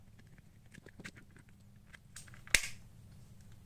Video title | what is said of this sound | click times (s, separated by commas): Cara Mengganti Battery (Batre) Gimbal Zhiyun Crane M2 | Kami memasangnya sampai berbunyi klik. | 2.6 s